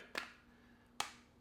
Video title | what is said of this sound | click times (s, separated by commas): You CAN’T GO WRONG With This Case! - Mous Limitless 5.0 for iPhone 15 Pro Max | very nice click onto the case and let's test out those Corners real quick | 1.0 s